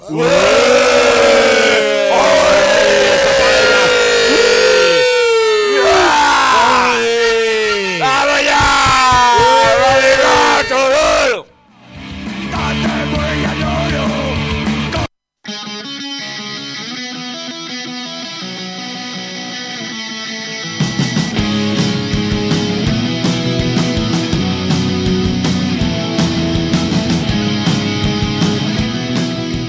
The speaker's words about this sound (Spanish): una banda, bueno, este tema es nuevo de esta banda nacida en Dublín entre el punk y el oi.